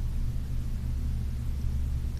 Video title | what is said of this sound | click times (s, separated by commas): Gerber Paraframe II review. | completely silent no click that means there's not enough | none